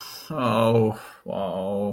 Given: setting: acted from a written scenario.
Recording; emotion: vocal sound without words; shame